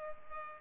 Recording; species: mosquito wingbeat signal from an infrared sensor; Culex pipiens